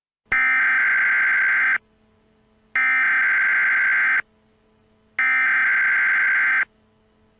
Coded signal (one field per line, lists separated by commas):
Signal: Emergency Alert System (SAME) tones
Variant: header bursts